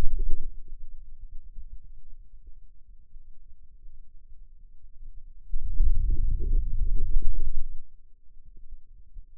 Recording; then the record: forearm muscle sounds (acoustic myography)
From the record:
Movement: wrist flexion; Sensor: system 2, bracelet of six BSWA MPA416 microphones around the upper forearm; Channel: 5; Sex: male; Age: 22 years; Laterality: right